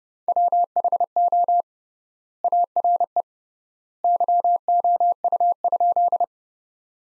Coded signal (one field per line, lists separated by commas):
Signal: Morse code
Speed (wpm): 30 wpm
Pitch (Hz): 700 Hz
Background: none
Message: WHO ARE YOU?